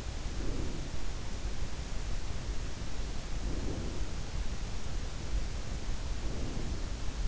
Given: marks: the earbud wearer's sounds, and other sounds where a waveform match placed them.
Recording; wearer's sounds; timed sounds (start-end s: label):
sounds in sleep by an in-ear microphone; breath
0.06-1.21 s: breath
3.25-4.21 s: breath
6.18-7.28 s: breath